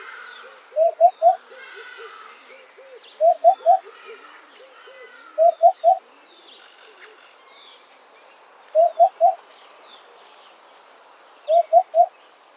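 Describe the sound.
Hoopoe repeating low hollow three-note calls about every two to three seconds, five series in all, over busy background birdsong.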